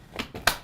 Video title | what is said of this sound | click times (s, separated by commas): Nova Medical Express Rollator | And you'll hear it locked in that open position. | 0.5 s